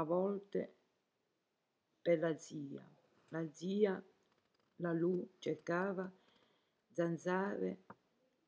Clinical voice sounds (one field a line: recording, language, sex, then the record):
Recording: read passage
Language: Italian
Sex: female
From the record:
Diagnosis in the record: healthy control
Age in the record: 70 years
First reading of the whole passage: 149 s, 3.0 characters per second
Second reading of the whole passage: 105 s, 4.4 characters per second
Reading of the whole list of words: 65 s, 4.0 characters per second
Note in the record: marked for poor recording quality or reading difficulty